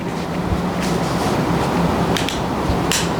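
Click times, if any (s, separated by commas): 2.2 s, 2.3 s, 2.9 s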